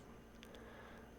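A click-type torque wrench tightens the oil drain plug on a BMW R1100S motorcycle during an oil change. Over a steady background hiss, a sharp click at 0.4 s marks the wrench breaking over at its torque setting, followed by a softer second tick. The drain plug reaches its set torque.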